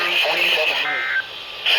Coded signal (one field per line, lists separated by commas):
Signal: Emergency Alert System (SAME) tones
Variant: end-of-message bursts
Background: speech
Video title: SLIGHT RISK BRACKET... EAS Alerts from 3/19/22 (EAS #880-885)